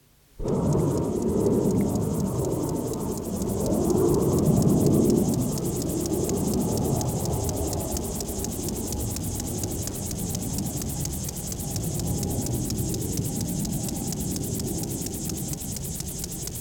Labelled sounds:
Upland Field Grasshopper stridulation

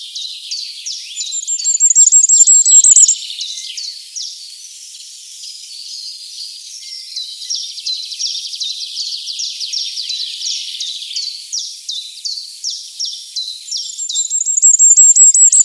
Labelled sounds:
Common Firecrest song

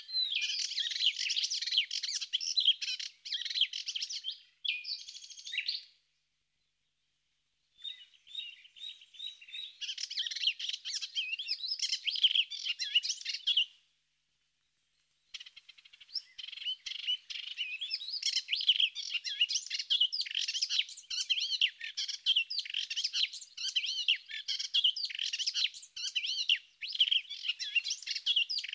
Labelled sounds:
Melodious Warbler song

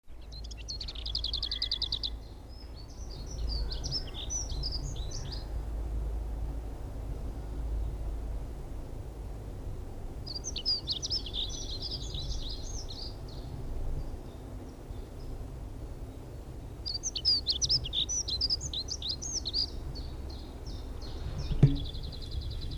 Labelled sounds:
Lesser Whitethroat song

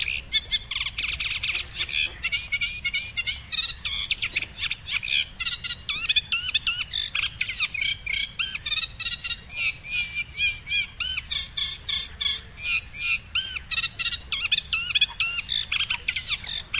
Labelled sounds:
Eurasian Reed Warbler song

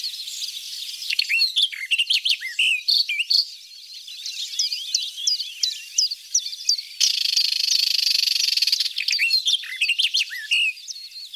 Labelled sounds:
Barred Warbler song

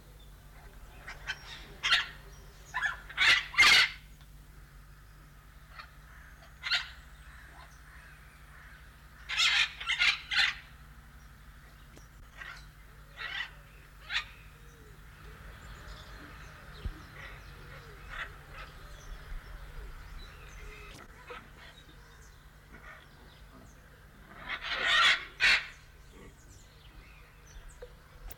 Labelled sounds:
Red-fronted Macaw

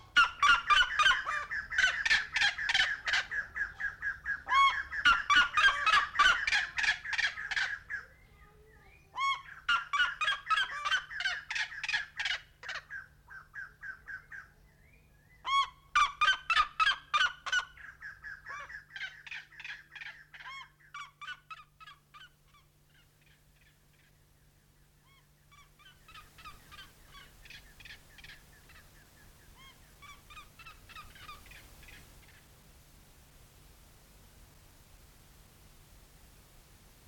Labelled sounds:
Black-legged Seriema call

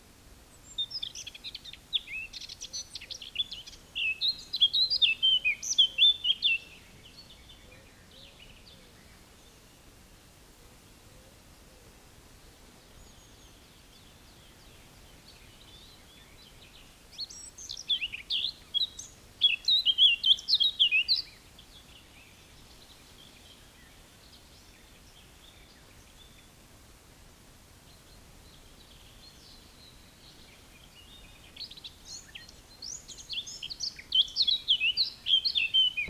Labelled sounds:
Eurasian Blackcap song

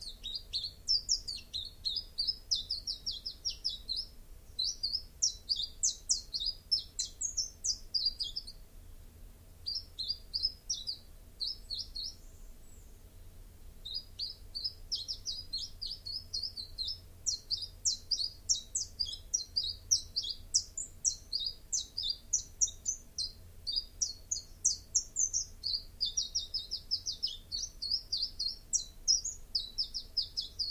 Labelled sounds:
Common Chiffchaff song

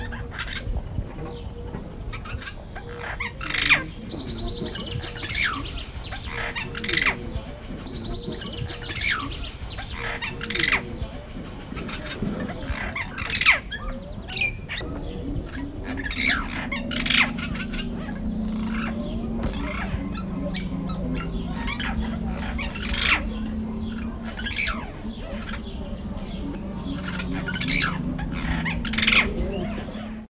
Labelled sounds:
Ashy Starling song

